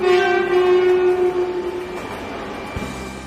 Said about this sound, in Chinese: 高铁上